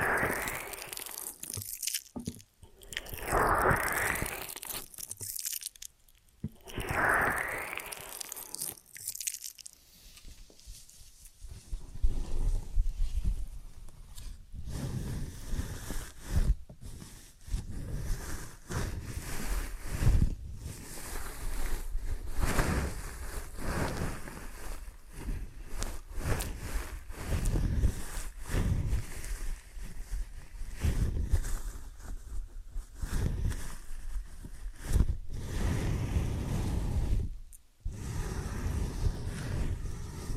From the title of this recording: Ear & Scalp Massage and Cleaning